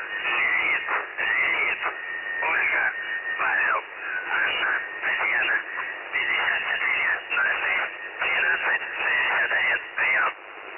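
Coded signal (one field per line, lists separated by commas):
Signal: numbers station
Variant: UVB-76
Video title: The Buzzer/UVB-76 Voice Message (December 1, 2020 11:14 UTC)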